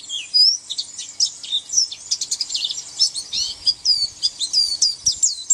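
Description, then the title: White-eye song, a chattering run of high, thin notes and quick up-and-down slurs. "Pleci"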